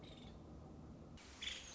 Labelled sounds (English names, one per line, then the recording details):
Nuttall's Woodpecker
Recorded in Sonoma County, California